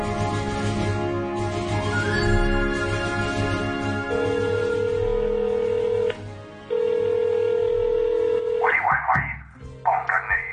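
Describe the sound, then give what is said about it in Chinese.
A steady electronic music bed with sustained tones gives way to two short, buzzy telephone ring bursts for a call-in to the US West Coast 415 hotline at the end, the second following the first after a brief gap. Nobody speaks. “美国西岸四一五热线”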